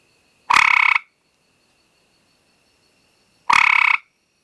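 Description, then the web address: Gray treefrog making two musical, rapidly pulsed trills separated by about two and a half seconds of quiet, with a soft continuous high tone behind. "Frog Hyla Versicolor"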